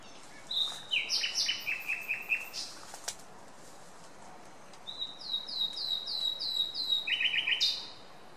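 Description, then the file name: Common nightingale singing two phrases: fast repeated chirps, a pause, then a run of clipped notes ending in a quick rattling trill. "Luscinia megarhynchos"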